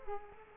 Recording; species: mosquito wingbeat signal from an infrared sensor; Culex quinquefasciatus